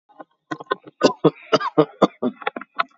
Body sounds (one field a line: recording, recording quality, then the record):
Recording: shallow voluntary cough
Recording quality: moderate, slight background noise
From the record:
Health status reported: COVID-19 positive, mild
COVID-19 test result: positive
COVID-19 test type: RT-PCR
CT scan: taken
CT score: 0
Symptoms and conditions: cough, cold, hypertension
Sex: male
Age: 50 years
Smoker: no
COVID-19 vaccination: one dose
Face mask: not worn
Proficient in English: yes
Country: India